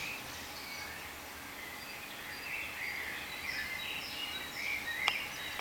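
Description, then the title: Birds: bird chorus of busy, overlapping chirps and short whistles, swelling slightly toward the end, with a sharp click near the close. "cizici, birds"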